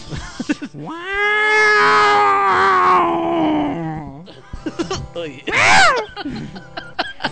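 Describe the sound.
A person imitates a cat meowing: one long, drawn-out, wavering meow followed a few seconds later by a shorter, higher one, with brief vocal noises in between.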